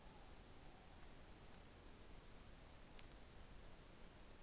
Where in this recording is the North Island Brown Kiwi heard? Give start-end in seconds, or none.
none